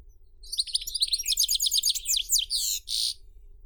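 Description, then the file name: European goldfinch song, a quick tumble of high tinkling notes ending in two harsh buzzy notes. "Golosa ptic - CSHegol Carduelis carduelis"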